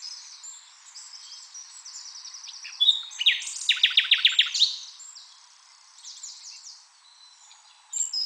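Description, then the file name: Common nightingale song: after a softer high twittering lead-in, a loud burst of about eight rapid repeated notes, then quieter high phrases. "Luscinia megarhynchos"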